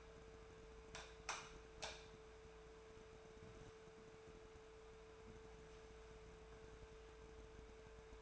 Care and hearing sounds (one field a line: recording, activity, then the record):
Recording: daily activity, microphone in the room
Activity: light off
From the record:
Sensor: 2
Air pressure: 1014.6 hPa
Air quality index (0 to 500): 186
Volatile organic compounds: 14 ppm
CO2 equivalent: 2465 ppm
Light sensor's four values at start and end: 34/89/38/40 and 29/71/31/34